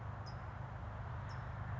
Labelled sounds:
California Towhee (Melozone crissalis)
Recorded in Sonoma County, California

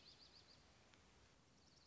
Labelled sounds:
Dark-eyed Junco (Junco hyemalis)
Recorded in Sonoma County, California

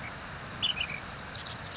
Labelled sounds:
Ash-throated Flycatcher (Myiarchus cinerascens)
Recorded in Sonoma County, California

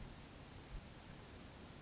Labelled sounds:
California Towhee (Melozone crissalis)
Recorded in Sonoma County, California

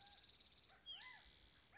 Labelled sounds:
California Quail (Callipepla californica)
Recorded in Sonoma County, California

